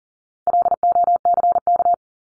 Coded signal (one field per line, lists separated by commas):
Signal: Morse code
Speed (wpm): 40 wpm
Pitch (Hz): 700 Hz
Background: none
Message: LOCK